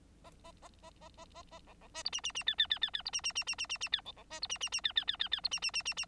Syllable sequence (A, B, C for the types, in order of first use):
A A A A A A A A B B C D E E E F F F F F D E E E E E E E F B B C D E E E F F F F F D E E E E E